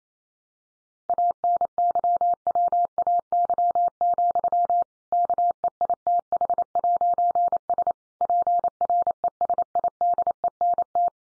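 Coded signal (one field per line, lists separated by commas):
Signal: Morse code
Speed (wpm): 28 wpm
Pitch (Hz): 700 Hz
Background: none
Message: ANYWAY, KEITH'S PRESIDENT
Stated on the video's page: Morse practice drill of sentences sent at 28 wpm for head-copy.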